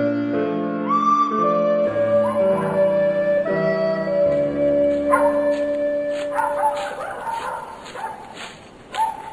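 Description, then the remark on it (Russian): A dog barks in a series of short, sharp bursts, mostly in the second half, over a bed of sustained, steady musical tones that shift pitch in slow steps. “Сначала он услышал собачий лай, а затем мужские голоса.”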